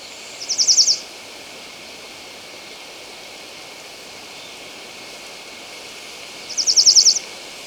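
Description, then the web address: Band-tailed seedeater song: two brief, high, buzzy trills about six seconds apart, each a fast run of repeated notes, over a steady background hiss. Ecuador. "S America Birds of Ecuador. Band-Tailed Seedeater"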